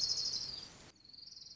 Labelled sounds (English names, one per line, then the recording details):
Orange-crowned Warbler
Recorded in Sonoma County, California